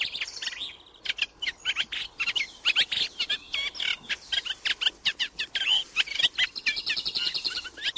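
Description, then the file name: Eurasian reed warbler song of chattering, creaky notes and thin whistles delivered in a fast, jerky, repetitive stream for the whole stretch. "Rousserolle effarvatte"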